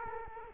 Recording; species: mosquito wingbeat signal from an infrared sensor; Culex quinquefasciatus